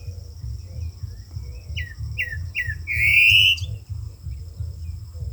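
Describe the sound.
Saltator song: three quick slurred whistles leading into one drawn-out, strong buzzy note, over a constant low hum.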